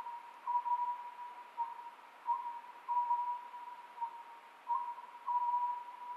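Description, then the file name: Oriental scops owl giving short tonal hoots in loose repeated groups, partly blending into a steady faint tone and hiss. Recorded 27 May 2010 at 23:35. "konohazuku-20100527-2335"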